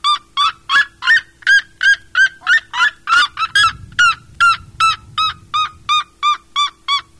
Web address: cantos chunaroja